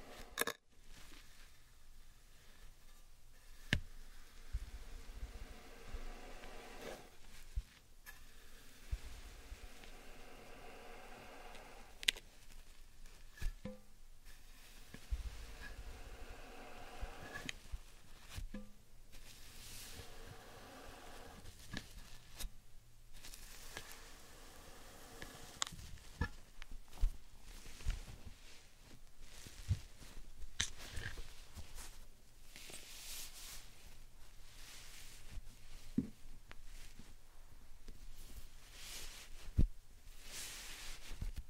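Slime and sand triggers: a steady run of soft squishing, crackling and crunching textures fills the whole stretch, fairly dense and bright. Brief sharper clicks and pops break through every few seconds, with short gaps of near-silence around 1, 8 and 13 seconds.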